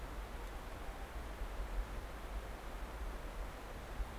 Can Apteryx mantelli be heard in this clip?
no